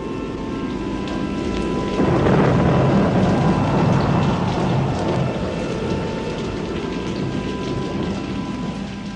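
Steady heavy rain hisses throughout while a deep, rumbling roll of thunder swells in after a couple of seconds and slowly fades back into the downpour.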